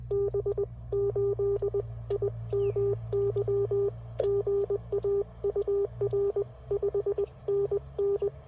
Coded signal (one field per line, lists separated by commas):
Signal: Morse code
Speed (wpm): 22 wpm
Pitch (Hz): 400 Hz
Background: radio noise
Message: B8IMY GA UR 5NN